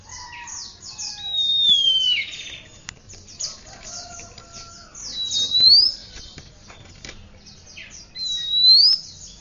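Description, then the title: Oriental magpie-robin whistling: a falling whistle, then two rising slurred whistles a few seconds apart, with soft chatter and continuous high hiss behind. "Kacer"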